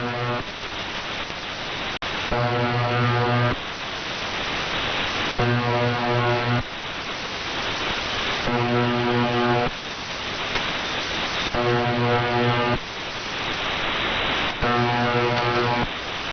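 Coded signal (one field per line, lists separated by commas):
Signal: channel marker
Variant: UVB-76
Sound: low harsh buzz about a second long, repeating roughly 25 times a minute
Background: radio static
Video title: UVB-76 Buzzing sound on 4625 Khz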